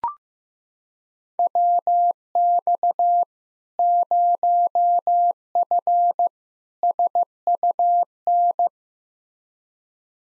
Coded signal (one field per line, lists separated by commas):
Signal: Morse code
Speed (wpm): 15 wpm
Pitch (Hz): 700 Hz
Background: none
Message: WX 0F SUN